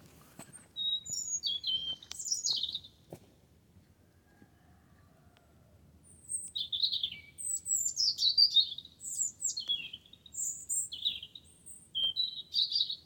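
Wren singing high, tumbling phrases of quick notes for about three seconds, falling silent, then resuming with a longer, busier burst of twittering notes.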